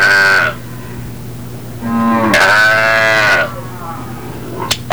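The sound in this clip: Cow mooing: a short lowing call, then a longer drawn-out moo that rises and falls, over a steady low hum.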